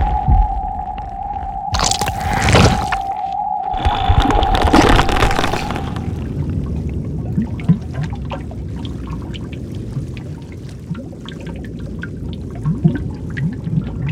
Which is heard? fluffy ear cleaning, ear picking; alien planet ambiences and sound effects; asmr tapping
alien planet ambiences and sound effects